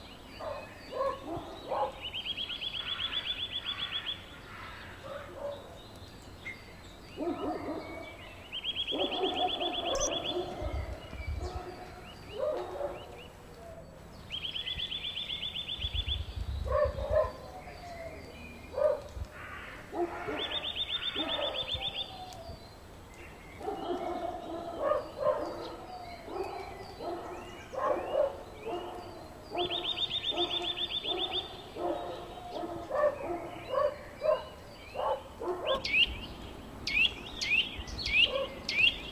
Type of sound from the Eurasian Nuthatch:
song